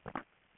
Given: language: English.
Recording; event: throat vibration sensor signal played as sound; swallow